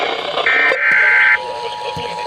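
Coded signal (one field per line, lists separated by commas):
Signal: Emergency Alert System (SAME) tones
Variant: header bursts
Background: speech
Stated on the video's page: Compilation of 48 EAS alerts, recorded with a phone.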